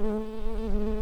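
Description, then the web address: Early bumblebee buzzing with a steady, low droning hum and rich overtones, wavering slightly in pitch throughout. Workers. "bumblebees sounds Pratorum-workers"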